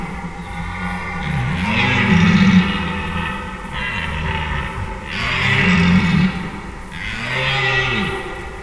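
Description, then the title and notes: Red deer stag roaring in three drawn-out, rising-and-falling bellows spaced a few seconds apart, deep and rasping. Stags calling overnight during the rut; Schönbuch near Tübingen, Germany; September 2023. "red deer stags calling during the rut. Recorded in Schönbuch, near Tübingen, DE"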